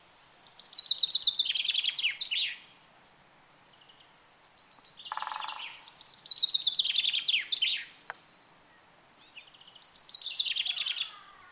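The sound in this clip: Bird song: three bursts of rapid high chirping trills separated by pauses, with a lower buzzy note at the start of the second.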